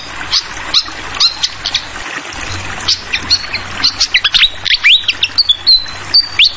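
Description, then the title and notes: Fantail song: sparse chirps that build into a run of rising and level whistles, with running water bubbling in the background. Tutoring recording (masteran) for training songbirds, described as having a clear voice, mixed with the sound of flowing water. "Masteran Sikatan Kipas Suara Jernih Dan Suara Gemericik Air. Suara Burung Sikatan Londo"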